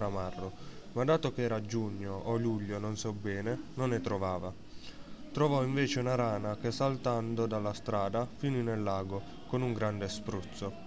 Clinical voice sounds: read passage; Italian; male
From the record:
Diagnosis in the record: healthy control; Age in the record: 19 years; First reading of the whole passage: 55 s, 9.5 characters per second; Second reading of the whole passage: 47 s, 11.1 characters per second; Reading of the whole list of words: 45 s, 6.2 characters per second

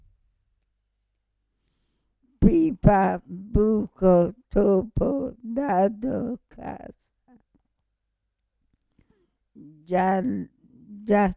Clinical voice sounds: read list of words; Italian; female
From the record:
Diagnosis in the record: Parkinson's disease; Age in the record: 65 years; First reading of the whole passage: 242 s, 2.1 characters per second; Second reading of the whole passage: 180 s, 2.9 characters per second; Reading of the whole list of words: 168 s, 1.7 characters per second

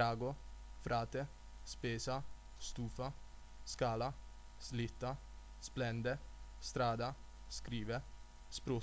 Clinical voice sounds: read list of words; Italian; male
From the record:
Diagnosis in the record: healthy control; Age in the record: 20 years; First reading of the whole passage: 41 s, 12.5 characters per second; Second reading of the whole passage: 40 s, 12.9 characters per second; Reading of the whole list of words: 46 s, 6.1 characters per second

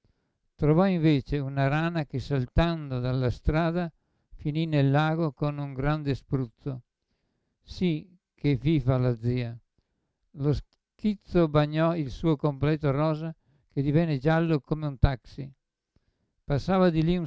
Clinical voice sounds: read passage; Italian; male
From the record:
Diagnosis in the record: Parkinson's disease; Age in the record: 75 years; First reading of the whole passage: 62 s, 8.3 characters per second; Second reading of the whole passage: 57 s, 9.2 characters per second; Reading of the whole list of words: 53 s, 5.3 characters per second

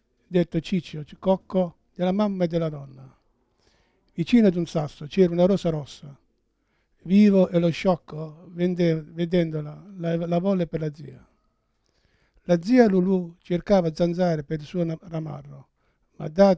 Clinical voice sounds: read passage; Italian; male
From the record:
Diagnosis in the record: Parkinson's disease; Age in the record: 71 years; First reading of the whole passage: 62 s, 8.3 characters per second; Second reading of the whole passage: 53 s, 9.9 characters per second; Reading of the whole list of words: 66 s, 4.2 characters per second

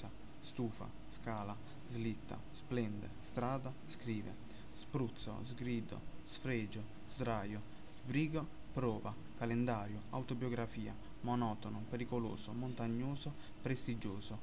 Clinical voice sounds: read list of words; Italian; male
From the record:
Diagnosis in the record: healthy control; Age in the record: 20 years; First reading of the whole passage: 46 s, 11.2 characters per second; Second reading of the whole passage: 43 s, 12.0 characters per second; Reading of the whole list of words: 38 s, 7.5 characters per second

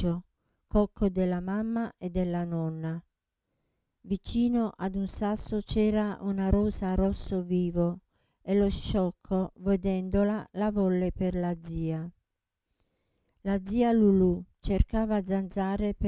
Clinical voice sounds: read passage; Italian; female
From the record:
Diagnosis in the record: Parkinson's disease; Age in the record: 67 years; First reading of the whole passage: 79 s, 6.5 characters per second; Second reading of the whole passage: 74 s, 7.0 characters per second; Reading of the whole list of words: 72 s, 3.9 characters per second

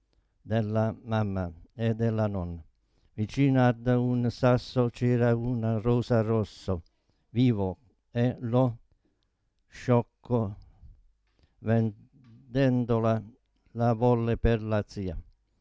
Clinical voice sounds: read passage; Italian; male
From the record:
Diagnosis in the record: Parkinson's disease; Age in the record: 72 years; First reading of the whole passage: 118 s, 4.4 characters per second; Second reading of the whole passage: 99 s, 5.2 characters per second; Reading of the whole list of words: 88 s, 3.2 characters per second

